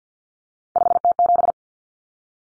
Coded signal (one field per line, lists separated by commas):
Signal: Morse code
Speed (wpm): 50 wpm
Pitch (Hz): 700 Hz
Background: none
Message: 5T7